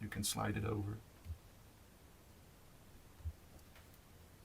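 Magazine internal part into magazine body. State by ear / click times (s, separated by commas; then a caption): not seated / none. A small internal part of a CZ 452 2E (left-handed) magazine is pushed down with a fingernail and slid into position in the magazine body while someone talks. After the talking, there are two faint low thumps near 1.3 s and 3.3 s over a quiet background, but nothing has clicked into place yet.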